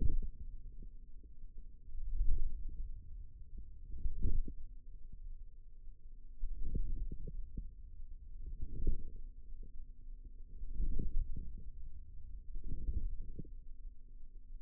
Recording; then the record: forearm muscle sounds (acoustic myography)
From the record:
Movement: hand closing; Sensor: system 2, bracelet of six BSWA MPA416 microphones around the upper forearm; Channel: 4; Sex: female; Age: 22 years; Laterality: right